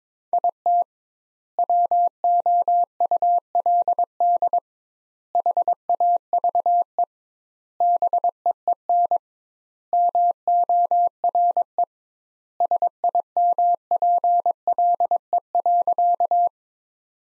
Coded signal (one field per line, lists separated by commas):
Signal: Morse code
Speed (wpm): 22 wpm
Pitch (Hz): 700 Hz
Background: none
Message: IT WOULD HAVE BEEN MORE SIMPLE.